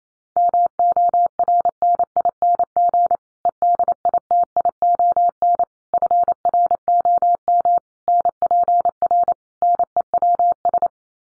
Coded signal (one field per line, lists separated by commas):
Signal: Morse code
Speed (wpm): 28 wpm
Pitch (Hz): 700 Hz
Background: none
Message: MORNING EDITION FROM NPR NEWS